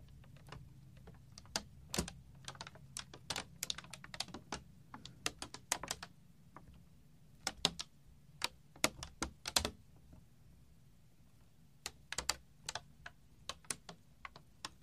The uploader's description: Beaded string ( clicky clacky sound